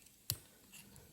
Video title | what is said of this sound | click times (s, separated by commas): Rebuilding a WARN Locking Hub - Segment 06 – 1956 NAPCO GMC Model 100 | until it snaps in the rain | 0.3 s